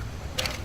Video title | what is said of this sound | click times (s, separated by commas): Testing the Starter Motor - Motor Cycle - Mechanics - South & City College Birmingham | push it until it clicks | 0.4 s